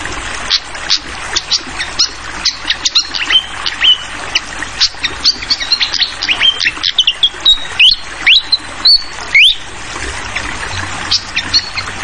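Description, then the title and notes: Hill blue flycatcher singing a fast stream of high chirps and rising whistled notes over continuous running water. Masteran (tutoring) for teaching songbirds; clear voice mixed with the sound of flowing water. "Masteran Sikatan Kipas Suara Jernih Dan Suara Gemericik Air. Suara Burung Sikatan Londo"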